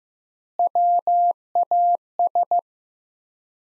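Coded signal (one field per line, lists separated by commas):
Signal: Morse code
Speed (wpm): 15 wpm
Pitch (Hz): 700 Hz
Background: none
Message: WAS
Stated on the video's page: Morse practice sentences from the top 400 words at 15 wpm with 3x standard word spacing, a method analogous to Farnsworth.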